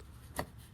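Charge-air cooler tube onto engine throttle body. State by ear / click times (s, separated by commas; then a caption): seated / 0.4 s. On a 2018-2022 GMC Terrain 1.5L during a vacuum pump replacement, the plastic charge-air cooler tube is pushed onto the engine throttle body neck. A single sharp, broadband snap is heard at 0.4 s over a quiet background. The coupling seats fully home on the throttle body.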